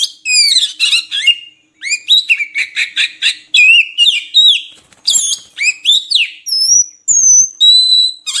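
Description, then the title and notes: Oriental magpie-robin song, a long varied stream of chattering notes, downslurred whistles and scratchy trills, ending with a few high clear piping whistles. Long-duration kacer filler song (isian) for training birds to sing vigorously (gacor) day and night. "Kacer Jadi Gacor Siang Malam. Isian Kacer Durasi Panjang"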